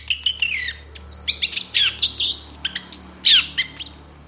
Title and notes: Cendet Gacor Dor Di Kala Pagi Toet Toet Variasi Suara. PANCINGAN CENDET MALAS BUNYI CENDET MACET CENDET STRESS. Burung cendet